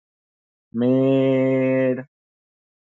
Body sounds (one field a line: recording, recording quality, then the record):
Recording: sustained vowel as in made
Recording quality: excellent, no background noise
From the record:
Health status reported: exposed to COVID-19, no respiratory illness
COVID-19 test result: not tested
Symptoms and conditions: none ticked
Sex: male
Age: 31 years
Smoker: not ticked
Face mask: worn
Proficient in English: yes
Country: India